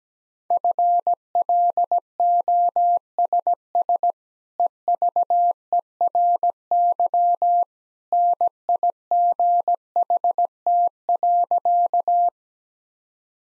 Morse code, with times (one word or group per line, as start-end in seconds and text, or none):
0.5-4.1 FLOSS
4.6-7.6 EVERY
8.1-12.3 NIGHT.